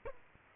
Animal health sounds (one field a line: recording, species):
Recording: mosquito wingbeat signal from an infrared sensor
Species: Culex quinquefasciatus